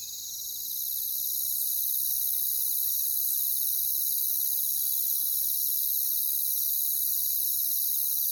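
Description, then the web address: Crickets fill the sound with an unbroken, piercing high trill, fading in at the start and holding steady. "WLL Grade 1-12 Pre-Uni Library Natures Songs Sleep Sounds of Nature CRICKETS Crickets"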